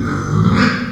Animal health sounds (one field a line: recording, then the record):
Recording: squeal of a Yucatan mini pig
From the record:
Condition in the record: after surgery on the right vocal fold (resection and tissue-engineered implant)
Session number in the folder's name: 12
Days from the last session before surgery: 105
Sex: female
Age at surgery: 19 weeks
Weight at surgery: 25 kg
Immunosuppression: prednisolone